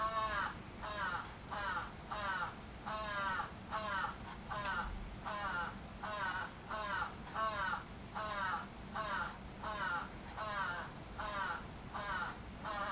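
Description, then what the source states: Crow uttering a long, even series of short raspy caws, more than one per second, held at a steady level throughout, with faint low hum. Recorded 11 July 2011.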